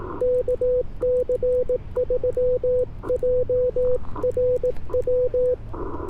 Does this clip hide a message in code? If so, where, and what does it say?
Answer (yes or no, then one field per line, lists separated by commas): yes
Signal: Morse code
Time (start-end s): 0.2-5.5 s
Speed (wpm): 18 wpm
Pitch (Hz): 500 Hz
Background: radio noise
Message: KC3JRW